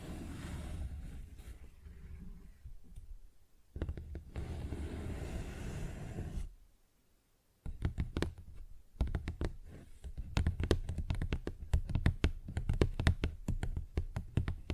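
Paper bag sounds: a soft, continuous scratching and rustling for the first six seconds, with a short gap near four seconds. After a brief silence around seven seconds, dense rapid tapping begins, crisp irregular hits continuing steadily to the end.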